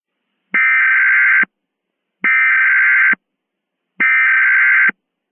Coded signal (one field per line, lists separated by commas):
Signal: Emergency Alert System (SAME) tones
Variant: header bursts